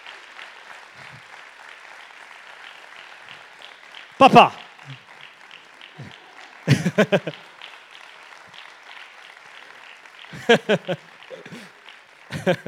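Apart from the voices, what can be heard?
audience applauding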